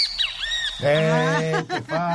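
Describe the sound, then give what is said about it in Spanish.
A great kiskadee calls: a few thin, arching whistles followed by loud, harsh, nasal notes in a short broken series, with no talking over it. “¡Este es el venteveo!”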